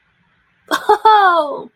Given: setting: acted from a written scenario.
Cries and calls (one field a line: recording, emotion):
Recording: vocal sound without words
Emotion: pride